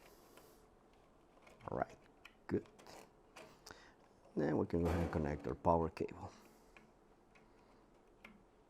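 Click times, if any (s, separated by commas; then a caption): none. A power cable plug is being handled at the printer sub-board socket while someone talks, with faint ticking clicks in between. The plug has not seated or clicked into the socket yet.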